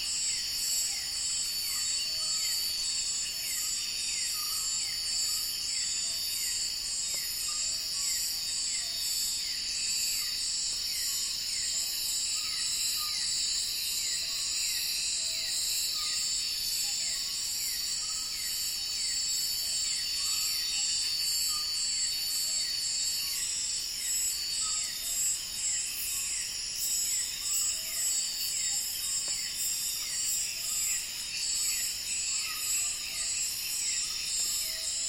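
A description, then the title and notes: A calm night in the Bornean rainforest, thick with steady high insect trills and rapid regular pulsing chirps, with faint calls beneath. Calm ambience recorded at night in the Bornean rainforest at Maliau Basin. Technical details: Sony PCM A10 and Lom mikroUsi microphones. Borneo Rainforest - Calm Night Ambience.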